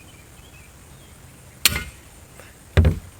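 A small sledge hammer taps a valve spring compressor threaded onto a cylinder head valve, and the stuck steel valve spring retainer pops loose from the valve keepers with a sharp crack at 1.7 s. A second, slightly quieter sharp impact follows at about 2.8 s, over faint background noise. The retainer is released.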